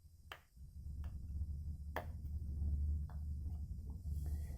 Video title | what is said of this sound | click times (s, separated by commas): REVIEW CÁPSULAS SURPRESAS MY MINI BABY ZURU TOYS!!! SERÁ QUE VALEM A PENA? | finaliza com a parte do tampo, né, aqui superior, encaixando também até ouvir aquele clique. | 0.3 s, 2.0 s